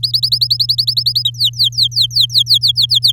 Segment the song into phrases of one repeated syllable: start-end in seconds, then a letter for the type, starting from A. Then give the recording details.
0.03-1.30 A, 1.34-3.12 B. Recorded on 10 May 2018 at 06:15. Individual llb16